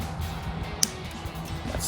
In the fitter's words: That's the click right there.